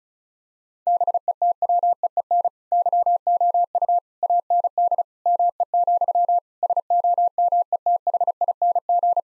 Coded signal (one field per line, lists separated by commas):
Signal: Morse code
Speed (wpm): 36 wpm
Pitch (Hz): 700 Hz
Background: none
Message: BETWEEN YOU AND ME, SOMETHING